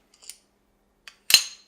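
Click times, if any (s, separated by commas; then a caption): 1.3 s. A quick release plate is pushed into the clamp of a COMAN KX3232 aluminum monopod head, with faint light ticks around 0.2–0.3 s and a small tick at 1.1 s. A loud, sharp snap follows at 1.3 s with a bright ringing tail that fades by about 1.6 s as the plate seats in the clamp.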